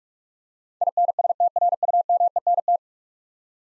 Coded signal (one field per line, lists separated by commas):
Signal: Morse code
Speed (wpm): 44 wpm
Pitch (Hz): 700 Hz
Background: none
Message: INSTRUMENT